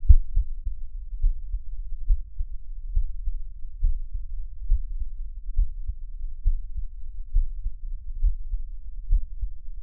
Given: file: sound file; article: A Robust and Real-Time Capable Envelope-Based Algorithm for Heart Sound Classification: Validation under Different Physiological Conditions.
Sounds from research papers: heart sounds by electronic stethoscope; rest; normal; sitting; Erb’s point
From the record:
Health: healthy, no known heart disease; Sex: male

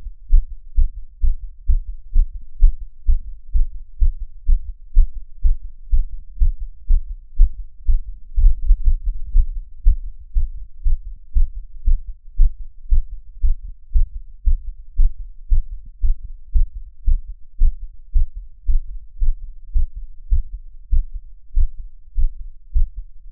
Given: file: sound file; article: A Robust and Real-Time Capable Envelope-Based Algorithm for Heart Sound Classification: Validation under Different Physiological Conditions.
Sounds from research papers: heart sounds by electronic stethoscope; after 5 min of sport; deep; sitting; Erb’s point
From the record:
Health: healthy, no known heart disease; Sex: male

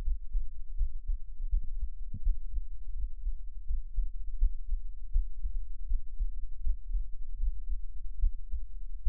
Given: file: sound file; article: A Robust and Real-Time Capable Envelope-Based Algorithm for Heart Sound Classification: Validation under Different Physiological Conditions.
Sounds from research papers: heart sounds by electronic stethoscope; rest; normal; sitting; Erb’s point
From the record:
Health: healthy, no known heart disease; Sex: male

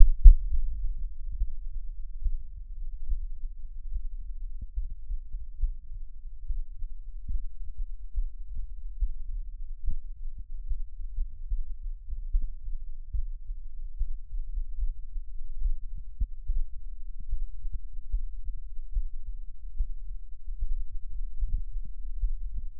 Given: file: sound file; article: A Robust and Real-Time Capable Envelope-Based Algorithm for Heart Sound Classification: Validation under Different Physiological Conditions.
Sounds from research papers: heart sounds by electronic stethoscope; rest; normal; sitting; sternum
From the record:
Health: healthy, no known heart disease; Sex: male

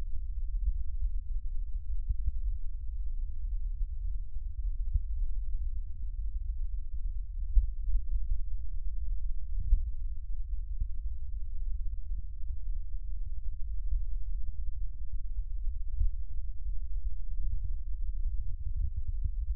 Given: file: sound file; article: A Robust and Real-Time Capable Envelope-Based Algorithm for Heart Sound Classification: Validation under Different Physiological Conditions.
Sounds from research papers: heart sounds by electronic stethoscope; rest; normal; sitting; centre of the back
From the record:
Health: healthy, no known heart disease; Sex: male

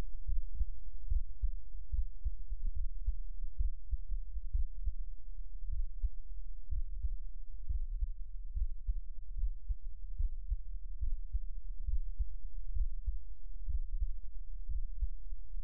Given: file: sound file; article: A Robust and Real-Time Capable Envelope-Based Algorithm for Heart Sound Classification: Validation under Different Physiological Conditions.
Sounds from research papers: heart sounds by electronic stethoscope; rest; normal; lying on right side; Erb’s point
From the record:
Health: healthy, no known heart disease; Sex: male

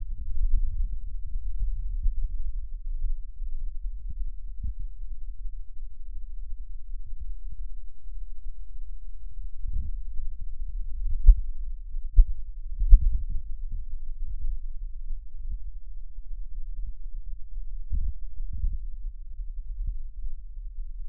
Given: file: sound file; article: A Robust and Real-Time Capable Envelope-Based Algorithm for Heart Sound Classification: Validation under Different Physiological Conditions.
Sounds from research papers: heart sounds by electronic stethoscope; rest; normal; sitting; left side of the back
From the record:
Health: healthy, no known heart disease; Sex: male

